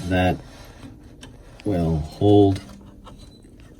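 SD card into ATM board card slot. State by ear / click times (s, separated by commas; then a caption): seated / 3.1 s. An SD card holding the software is pushed into the card slot on a Genmega ATM board while someone talks in short bursts. A brief, quiet click is heard at 3.1 s as the card seats in place.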